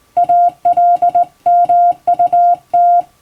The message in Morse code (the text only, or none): ALMUT